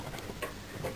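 The small plastic locking clamp on the ribbon cable header at the back of the CD player in a Ford Mondeo mk3 facelift car radio is lifted up. It gives a sharp click at 0.4 s as it snaps open. This releases the clamp and frees the ribbon cable.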